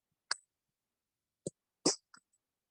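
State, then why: Seated. A cap is pressed back onto a small plastic water sample vial during a water quality test, and it clicks shut sharply at 0.3 s, showing the cap is closed and seated. Later come a duller knock near 1.5 s, a brief broadband rustle around 1.9 s and a faint tap near 2.1 s.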